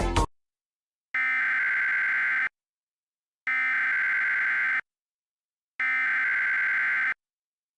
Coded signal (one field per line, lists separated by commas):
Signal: Emergency Alert System (SAME) tones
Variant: header bursts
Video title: EAS SCENARIO: The Ultimate Hijacking *Valid EAS tones